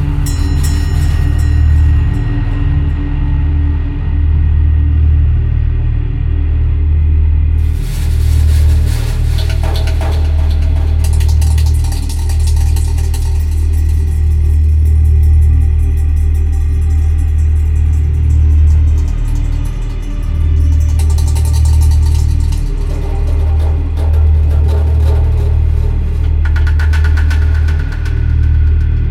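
Hands rub across an overturned bass drum over a deep, steady rumbling drone that holds throughout. Bright, hissing scrapes flare in around eight seconds and return near eleven, twenty-one and twenty-six, with a faint synthetic tone surfacing toward the end.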